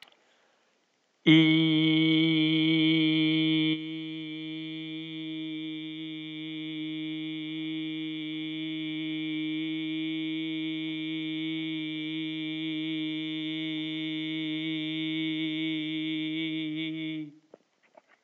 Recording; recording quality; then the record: sustained vowel as in beet; excellent, no background noise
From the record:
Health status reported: healthy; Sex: male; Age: 31 years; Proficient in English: yes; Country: India